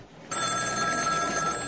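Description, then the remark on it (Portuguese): A telephone bell at a doctor's home starts ringing abruptly and continues steadily, a bright, metallic trill with sharp high tones, fairly loud, with no voices. “O médico está em casa quando o seu telefone toca.”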